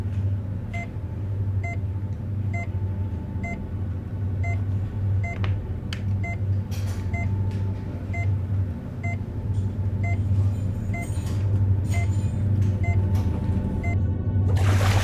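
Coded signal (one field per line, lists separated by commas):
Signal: none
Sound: hospital monitor beeps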